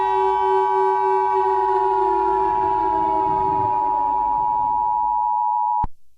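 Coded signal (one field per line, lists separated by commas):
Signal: Emergency Alert System (SAME) tones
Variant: 853 and 960 Hz attention tone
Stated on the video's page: Simulated EAS scenario, fictional black hole alert.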